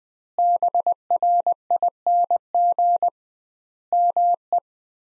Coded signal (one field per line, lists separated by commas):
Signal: Morse code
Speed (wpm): 19 wpm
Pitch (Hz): 700 Hz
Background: none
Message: BRING ME